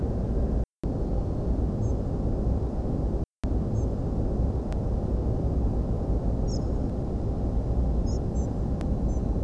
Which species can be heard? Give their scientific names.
Muscicapa striata